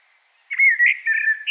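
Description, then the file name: Common blackbird song: one short, rich fluted phrase of mellow warbled notes that ends with a sharp higher squeak. "Turdus merula"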